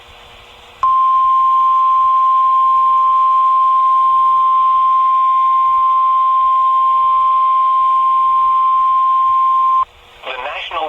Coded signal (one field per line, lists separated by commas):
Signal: Emergency Alert System (SAME) tones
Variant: 1050 Hz attention tone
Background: speech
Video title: EAS Tornado Watch (Moderate Risk!) East Iowa and West Illinois NOAA Weather Radio (NWS Quad Cities)